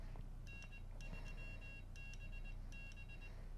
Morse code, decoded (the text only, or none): N3BB